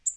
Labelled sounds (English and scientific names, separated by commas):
Tennessee Warbler (Leiothlypis peregrina) flight call